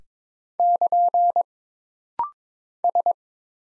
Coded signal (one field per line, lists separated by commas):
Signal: Morse code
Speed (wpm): 22 wpm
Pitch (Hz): 700 Hz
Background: none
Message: <KN> S